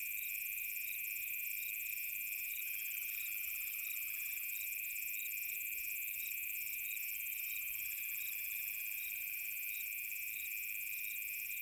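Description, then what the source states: Cicadas droning continuously, several high shrill layers with a throbbing, pulsed band, while faint sweeping calls drift beneath the chorus. Cicadas in savanna on a summer afternoon.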